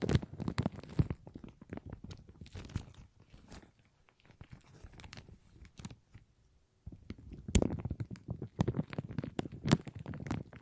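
Plastic crinkling in dense, irregular bursts of sharp crackles, busiest during the first three seconds and again from about seven seconds to the end. In between, the handling eases off to sparse, quieter rustles, with a near pause just before the seven-second mark.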